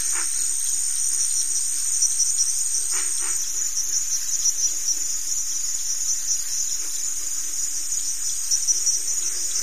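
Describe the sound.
Crickets sing a dense, even high trill; soft lower pulses run beneath and a pair of short clicks comes early on.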